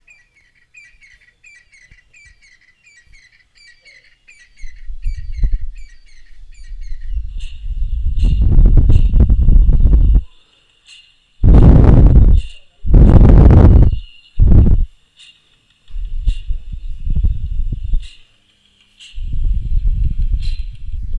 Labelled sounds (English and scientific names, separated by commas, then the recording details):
Crested Francolin (Ortygornis sephaena)
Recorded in northern Uganda